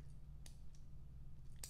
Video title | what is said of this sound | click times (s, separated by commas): Unboxing & Review Of A Zelos Aquamarine Swordfish Dive Watch | positive detents if you push the buttons and you can hear it | 0.5 s, 1.6 s